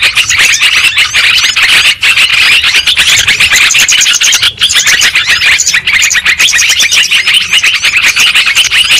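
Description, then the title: Lovebird chatter: a dense, continuous stream of shrill, high chirps and squeaks from many birds, overlapping without pause and with no other clear sounds. Lure sound used for trapping birds. "PIKAT BURUNG LOVEBIRD"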